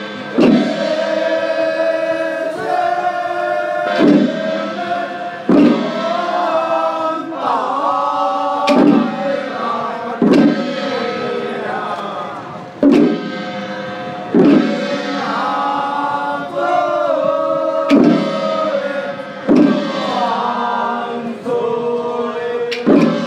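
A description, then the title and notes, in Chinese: Chanting at the Longzhu Temple in Xiagang, Xiamen, during the burning of the royal boat: voices hold long, steady sung tones that shift pitch in slow melodic steps. Sharp percussive strikes cut in every couple of seconds throughout, keeping a loose, regular beat. 厦门厦港龙珠殿烧王船唱诵。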